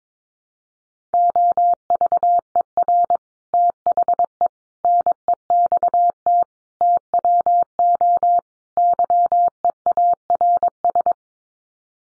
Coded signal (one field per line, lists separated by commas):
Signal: Morse code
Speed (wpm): 22 wpm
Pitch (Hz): 700 Hz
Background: none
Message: OVER THE NEXT TWO YEARS